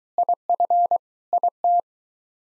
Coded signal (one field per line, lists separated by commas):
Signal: Morse code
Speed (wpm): 23 wpm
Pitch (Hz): 700 Hz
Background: none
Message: IF IT